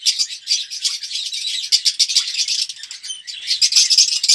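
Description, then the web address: Red-rumped parrot song: continuous high, rapid chirping warble with fluttering trills and a few squeaky whistles. "pevcii popugai. parrots psephotus-haematonotus"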